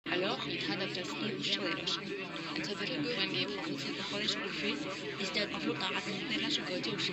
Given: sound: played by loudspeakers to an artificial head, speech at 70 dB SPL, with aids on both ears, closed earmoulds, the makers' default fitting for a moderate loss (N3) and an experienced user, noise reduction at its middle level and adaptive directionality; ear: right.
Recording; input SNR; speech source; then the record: speech test signal (ISTS) in cocktail-party noise; -6 dB; on the right (90 degrees)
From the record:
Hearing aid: class 1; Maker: D